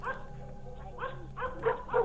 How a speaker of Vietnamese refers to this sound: Ấy chưa kỳ lạ mà cái đàn chó ngày hôm nay nó cắn lạ lắm, nó cứ nhấm nha nhấm nhằng. Tiếng chó vẫn sủa không ngừng, thậm chí càng lúc càng dồn dập.